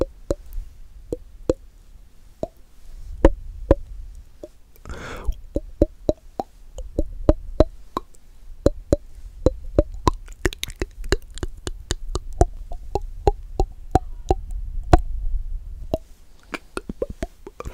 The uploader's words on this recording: ASMR The MOST Accurate MOUTH Sounds ($1 Mic VS $200 Mic).